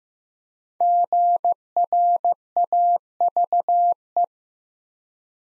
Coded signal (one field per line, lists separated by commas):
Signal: Morse code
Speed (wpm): 15 wpm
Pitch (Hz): 700 Hz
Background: none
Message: GRAVE